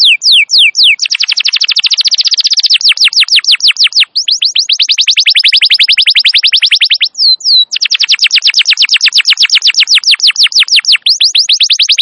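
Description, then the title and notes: Canary song with loud, rapid repeated chirps and dense buzzing trills, broken by a few brief pauses and swooping notes, continuing nonstop at high pitch. Wild canary singing long and vigorously; recording used as a lure and as a master recording for training canaries. "Pikat Kenari GACOR PANJANG INI Cocok Untuk Masteran KENARI LIAR. Masteran burung kenari gacor parah"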